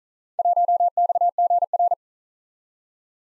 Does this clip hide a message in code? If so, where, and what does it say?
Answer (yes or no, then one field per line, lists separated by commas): yes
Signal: Morse code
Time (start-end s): 0.4-1.9 s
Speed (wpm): 42 wpm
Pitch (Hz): 700 Hz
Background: none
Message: 1XGR